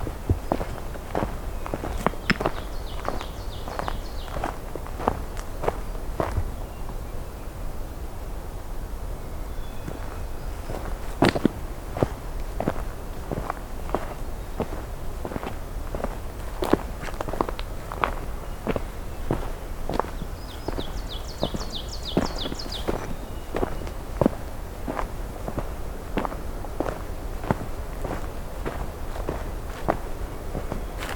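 Footsteps crunch steadily along a morning hike, a regular walking rhythm that runs through the whole clip over a low, constant rumble. Short bursts of high, rapid birdsong trill near the start and again a little past twenty seconds.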